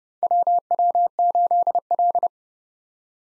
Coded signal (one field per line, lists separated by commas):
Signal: Morse code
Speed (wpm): 30 wpm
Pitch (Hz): 700 Hz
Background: none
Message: WW8L